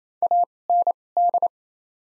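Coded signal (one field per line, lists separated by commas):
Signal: Morse code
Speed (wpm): 28 wpm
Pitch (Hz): 700 Hz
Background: none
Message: AND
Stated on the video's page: Top 100 words practice at 28 wpm with doubled character spacing (Farnsworth timing).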